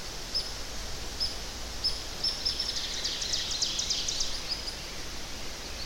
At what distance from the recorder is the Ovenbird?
about 55 m